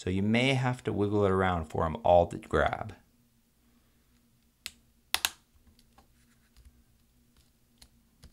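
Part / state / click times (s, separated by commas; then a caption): laptop key cap onto scissor hinge / seated / 4.7 s, 5.1 s, 5.2 s. Someone talks for the first 3 seconds while a plastic greater than/period key cap is placed on the Type J scissor hinge of an Early 2011 13-inch MacBook Pro 2.3 GHz Core i5 (MC700), then pushed down and wiggled so its four underside clips grab. Sharp clicks at 4.7, 5.1 and 5.3 seconds mark the clips snapping into place, followed by a few faint ticks in near silence. The key cap is seated.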